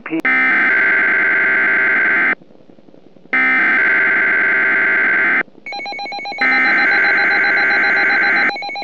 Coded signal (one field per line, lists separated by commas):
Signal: Emergency Alert System (SAME) tones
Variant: header bursts